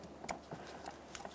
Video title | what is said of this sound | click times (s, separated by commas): How to Replace ABS Wheel Speed Sensor 2012-2015 Honda Civic | Press it in. Listen for a click from that. | 0.3 s